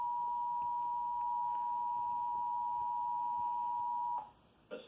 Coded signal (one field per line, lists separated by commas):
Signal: Emergency Alert System (SAME) tones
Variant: 853 and 960 Hz attention tone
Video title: EAS #335: Law Enforcement Warning - Indiana (6/2/2020) (Comcast)